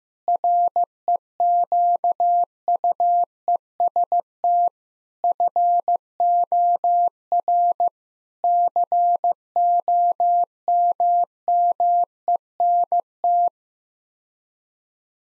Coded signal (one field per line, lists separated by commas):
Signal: Morse code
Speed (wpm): 15 wpm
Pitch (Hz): 700 Hz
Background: none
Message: REQUEST FOR COMMENT